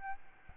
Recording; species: mosquito wingbeat signal from an infrared sensor; Aedes albopictus